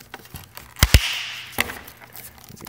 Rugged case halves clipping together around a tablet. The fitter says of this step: here all the sides pop into place very easy to do